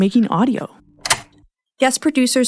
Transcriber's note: record player clicks